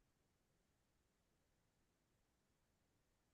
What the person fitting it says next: Why does this not want to snap into place?